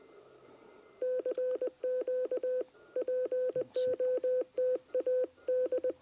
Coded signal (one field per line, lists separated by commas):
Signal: Morse code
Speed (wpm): 20 wpm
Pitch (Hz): 510 Hz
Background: none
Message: CQ POTA D